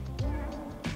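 A threaded fastener in a fuel cell fitting on a custom fuel cell and surge tank assembly is tightened past tight until its thread gives, with music playing over it. Faint sharp sounds come at 0.2 s and 0.9 s, and the fastener ends up stripped.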